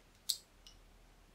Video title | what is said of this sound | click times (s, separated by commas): Dexcom G5 CGM Sensor Insert + Transmitter Installation | click all the way in | 0.3 s